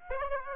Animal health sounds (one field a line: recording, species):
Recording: mosquito wingbeat signal from an infrared sensor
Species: Aedes aegypti